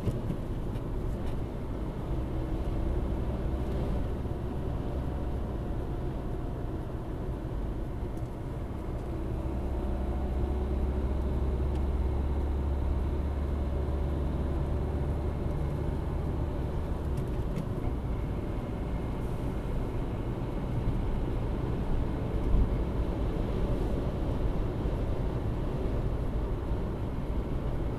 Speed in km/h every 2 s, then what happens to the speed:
66, 69, 70, 67, 68, 75, 78, 79, 79, 81, 83, 83, 84, 81.
0-6 steady at about 67. 6-20 speeds up to 83. 20-28 steady at about 83.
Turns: none.